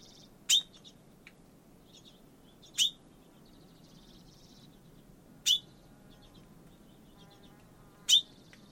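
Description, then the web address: Bird call: four single sharp high chips spaced about two and a half seconds apart, with faint softer twittering and low rumble beneath. "Bird Only"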